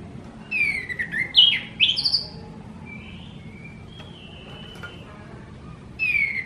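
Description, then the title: Orange-headed thrush giving varied whistled and squeaky notes with sharp rising and falling slurs, followed by faint soft whistles and a final phrase. Thrush singing vigorously and continuously, described as 'gacor teler'. "Suara Burung Anis Merah Gacor Teler"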